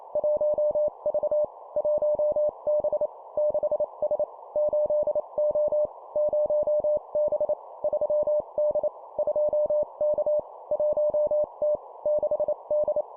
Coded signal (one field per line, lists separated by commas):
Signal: Morse code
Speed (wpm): 28 wpm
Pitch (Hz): 600 Hz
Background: none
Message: 1V 1B 6S 8O 0B 3D 2K 1T 6D